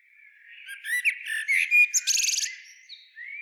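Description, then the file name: Eurasian blackbird with a few squeaky, high notes followed by a brief rapid buzzy rattle, then softer chirps. "Turdus merula"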